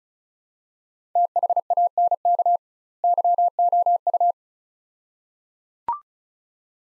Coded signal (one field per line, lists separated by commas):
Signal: Morse code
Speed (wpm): 36 wpm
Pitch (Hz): 700 Hz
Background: none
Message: THANK YOU